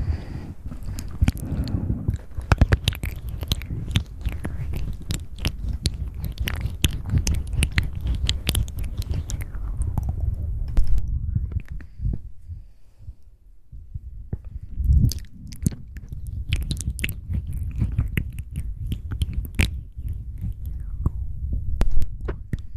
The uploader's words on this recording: ASMR Close Mouth Sounds.